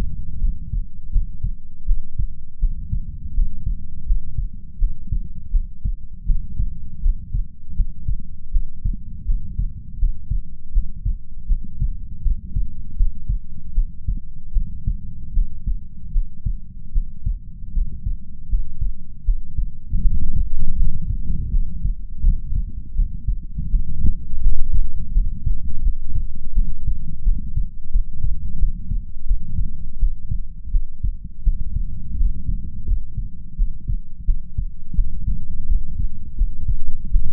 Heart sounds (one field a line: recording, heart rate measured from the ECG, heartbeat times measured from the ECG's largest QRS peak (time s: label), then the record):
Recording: heart sounds by stethoscope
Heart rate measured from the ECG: 82 bpm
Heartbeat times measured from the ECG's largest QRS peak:
0.39 s: heartbeat
1.10 s: heartbeat
1.85 s: heartbeat
2.58 s: heartbeat
3.33 s: heartbeat
4.05 s: heartbeat
4.77 s: heartbeat
5.50 s: heartbeat
6.25 s: heartbeat
7.00 s: heartbeat
7.74 s: heartbeat
8.50 s: heartbeat
9.24 s: heartbeat
9.97 s: heartbeat
10.71 s: heartbeat
11.46 s: heartbeat
12.21 s: heartbeat
12.95 s: heartbeat
13.73 s: heartbeat
14.52 s: heartbeat
15.32 s: heartbeat
16.11 s: heartbeat
16.91 s: heartbeat
17.72 s: heartbeat
18.48 s: heartbeat
19.23 s: heartbeat
20.00 s: heartbeat
20.75 s: heartbeat
21.50 s: heartbeat
22.21 s: heartbeat
22.94 s: heartbeat
23.69 s: heartbeat
24.39 s: heartbeat
25.12 s: heartbeat
25.81 s: heartbeat
26.53 s: heartbeat
27.22 s: heartbeat
27.90 s: heartbeat
28.58 s: heartbeat
29.25 s: heartbeat
29.98 s: heartbeat
30.70 s: heartbeat
31.42 s: heartbeat
32.16 s: heartbeat
32.85 s: heartbeat
33.55 s: heartbeat
34.24 s: heartbeat
34.94 s: heartbeat
35.66 s: heartbeat
36.35 s: heartbeat
37.09 s: heartbeat
From the record:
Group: healthy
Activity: cold pressor test 0-19 s, rest 19-37 s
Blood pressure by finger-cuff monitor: 108/62 mmHg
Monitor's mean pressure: 80 mmHg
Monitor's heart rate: 82 bpm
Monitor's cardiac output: 7.1 L/min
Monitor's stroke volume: 87 mL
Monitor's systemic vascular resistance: 810 dyn s/cm5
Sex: female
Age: 26 years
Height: 165 cm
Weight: 55 kg